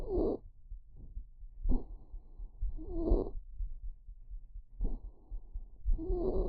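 Patient breathing recorded at the airway, with stridor: a musical, high-pitched sound from the upper airway. Inspiratory stridor points to extrathoracic obstruction such as a vocal cord lesion; expiratory stridor points to intrathoracic obstruction such as bronchomalacia.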